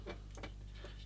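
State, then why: Seated. A plastic part is pushed home while being dry-fitted onto the body of a 1/35 scale MENG VS-017 Kübelwagen model. Over a steady low hum there is a faint tick at 0.35 s and a small tick at 0.4 s. The part clicks into place and is a good fit.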